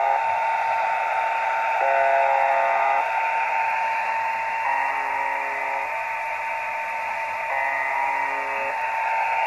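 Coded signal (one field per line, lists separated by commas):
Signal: channel marker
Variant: UVB-76 (The Buzzer)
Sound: three short, harsh, low buzzes about three seconds apart through hissy static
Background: radio static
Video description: Nadaje na częstotliwości 4625 kHz. W Polsce UVB-76 jest dobrze słyszalny po zachodzie słońca. Potoczna nazwa tej stacji to "brzęczyk" (ang. buzzer)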